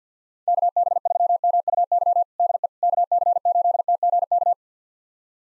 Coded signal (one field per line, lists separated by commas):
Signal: Morse code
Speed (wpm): 50 wpm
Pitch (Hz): 700 Hz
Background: none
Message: KB3MUY DE KC8TGK